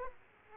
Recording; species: mosquito wingbeat signal from an infrared sensor; Aedes aegypti